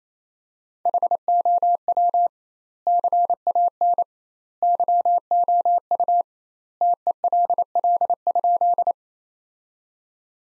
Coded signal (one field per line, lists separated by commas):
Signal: Morse code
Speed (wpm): 28 wpm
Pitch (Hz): 700 Hz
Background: none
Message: HOW CAN YOU TELL?